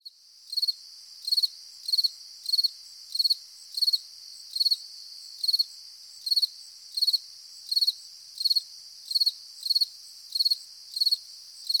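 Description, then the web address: Grasshopper giving repeated high, rattling chirps of a few quick pulses each, many in succession, with a constant high insect drone behind. Summer morning in nature, with insects buzzing and grasshoppers chirping. "latna sutrin sred prirodata zuzene na nasekomi curulikane na skakalci"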